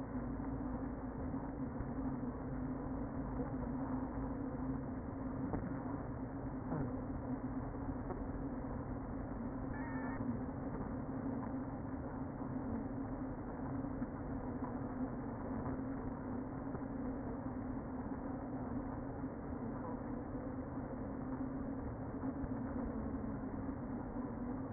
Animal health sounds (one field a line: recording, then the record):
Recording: honeybee colony, microphone inside the hive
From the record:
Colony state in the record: queen present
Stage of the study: before two queens were removed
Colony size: about 60,000 bees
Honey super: yes